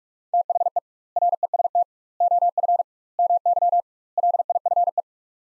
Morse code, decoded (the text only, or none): THE REST OF MY LIFE